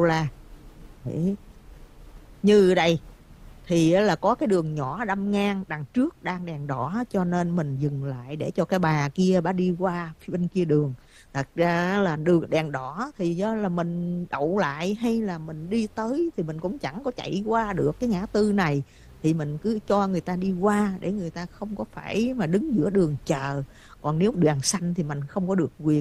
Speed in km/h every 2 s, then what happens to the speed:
35, 31, 21, 13, 10, 6, 0, 0, 0, 6, 15, 19, 19.
0-12 slows to 0. 12-17 standing. 17-21 pulls away to 19.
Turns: none.